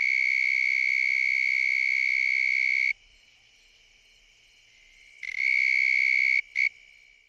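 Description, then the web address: Davis' tree cricket song, a steady, pure, high trill held for about three seconds, then a pause and two shorter trill bursts. "Crickets and Katydids. Davis' Tree Cricket, Oecanthus exclamationis"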